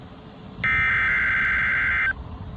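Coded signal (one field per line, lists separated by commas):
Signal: Emergency Alert System (SAME) tones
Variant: header bursts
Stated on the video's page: Required weekly test received on NOAA Weather Radio, 162.425 MHz, transmitter WWG90.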